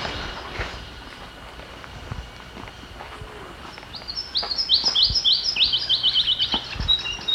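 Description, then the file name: Grey-headed Robin calls, a fast run of high, sharp notes in the last few seconds, over faint background noise. "Pene Cryp"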